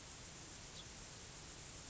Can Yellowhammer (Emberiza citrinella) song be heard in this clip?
no